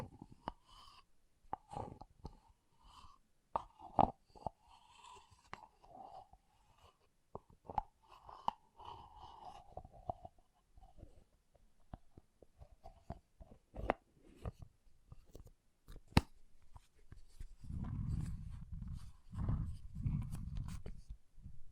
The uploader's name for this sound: Soothing & Deep Water Beads Sounds